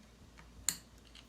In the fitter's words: There we go. You want to listen for that click.